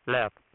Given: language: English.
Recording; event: throat vibration sensor signal played as sound; speech